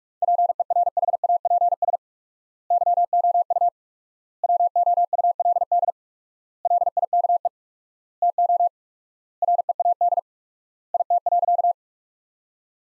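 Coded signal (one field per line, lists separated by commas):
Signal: Morse code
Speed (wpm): 46 wpm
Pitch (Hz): 700 Hz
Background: none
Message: PERHAPS YOU WOULD LIKE TO READ IT.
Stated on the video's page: Morse practice of sentences from the top 500 words at 45 wpm with 4x standard word spacing, a Farnsworth-like method.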